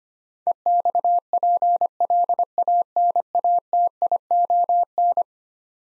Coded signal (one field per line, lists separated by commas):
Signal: Morse code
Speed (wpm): 25 wpm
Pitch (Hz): 700 Hz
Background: none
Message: EXPLANATION